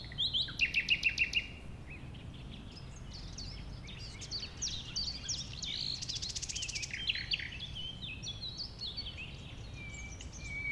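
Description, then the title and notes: Common nightingale delivers a rapid string of repeated sharp notes, then varied phrases and a rapid dry trill. A nightingale, one of a few settled on the banks of a stream forming a pond 1500 m from the A20; recorded around 8 am on Sunday 12 April. "Un Rossignol Envers Et Contre Tout. un rossignol venu avec quelques autres s'installer sur les rives d'un ruisseau formant un étang à 1500 mètres de l'A 20. Ces moments ont été enregistrés vers 8h le dimanche 12 avril"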